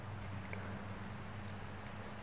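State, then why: Seated. A folding plastic wing portion of a toy robot figure is pushed so its notch goes into a slot on the jet body, over a steady low hum. A single small click at 0.5 s marks the wing tab locking into place.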